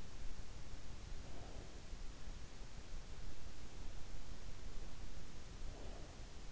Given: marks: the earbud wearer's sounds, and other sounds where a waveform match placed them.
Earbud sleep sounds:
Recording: sounds in sleep by an in-ear microphone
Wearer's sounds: breath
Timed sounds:
0.59-2.15 s: breath
5.27-6.43 s: breath

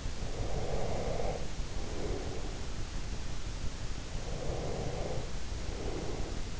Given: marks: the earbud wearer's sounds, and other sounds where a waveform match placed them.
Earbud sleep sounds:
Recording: sounds in sleep by an in-ear microphone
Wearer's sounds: breath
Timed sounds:
0.14-2.80 s: breath
4.12-6.60 s: breath

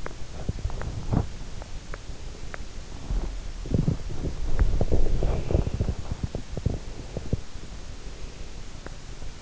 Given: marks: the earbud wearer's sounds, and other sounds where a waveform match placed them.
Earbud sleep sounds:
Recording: sounds in sleep by an in-ear microphone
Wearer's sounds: teeth grinding, body movement, breath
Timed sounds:
0.00-0.20 s: teeth grinding
0.32-1.44 s: teeth grinding
2.84-7.69 s: body movement
5.19-6.02 s: breath
7.94-8.53 s: breath
8.67-9.34 s: teeth grinding

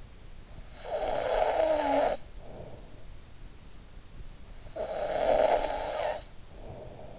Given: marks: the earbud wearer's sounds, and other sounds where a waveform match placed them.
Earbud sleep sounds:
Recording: sounds in sleep by an in-ear microphone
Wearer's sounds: snoring breath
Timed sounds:
0.39-3.25 s: snoring breath
4.57-7.19 s: snoring breath

